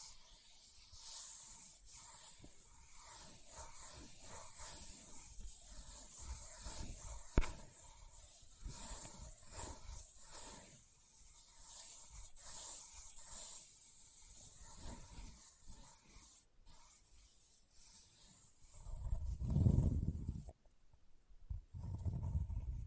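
Leather is scratched in a steady, hissy rasp with scattered light taps, a sharp tap near seven seconds, and a heavier thump near twenty.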